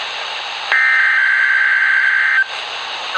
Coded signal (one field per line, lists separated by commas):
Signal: Emergency Alert System (SAME) tones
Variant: header bursts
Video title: Winter Storm Warning for DC, Portions of Central MD, Northern VA {EAS #1480}